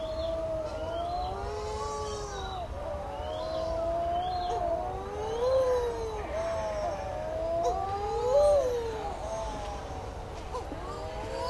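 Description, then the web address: Many shearwaters moaning together, long wavering howl-like notes bending up and down and crossing one another, with brief louder peaks around the middle and later on. Recorded on Heron Island, Great Barrier Reef, Australia. "It's 'Birds Gone Wild' Out On Australia's Heron Island"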